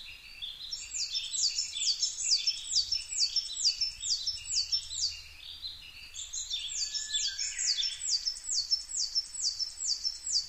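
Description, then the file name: Coal tit song, quick high two-note phrases in two long runs. Recorded 22 May 2010 at 17:33. "higara-20100522-1733"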